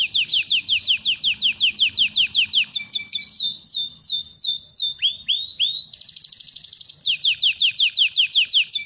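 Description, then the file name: Belgian canary in full song, loud rolling trills of quick descending notes, changing tours, upward swoops and a dense buzzy roll before the trilling resumes. Copper-coloured Belgian canary. "canto do canario belga cobre"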